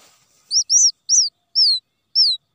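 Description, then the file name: Quail chick giving five high peeps, the early ones arched and the later ones sliding downward. Quail chick calling for its mother after becoming lost from the flock. "tieng cut non keu goi me lac dan chuan"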